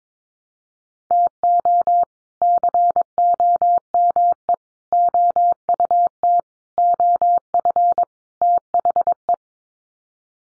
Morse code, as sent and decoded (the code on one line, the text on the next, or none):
- --- / -.-. --- -- . / --- ..- - / --- ..-. / - .... .
TO COME OUT OF THE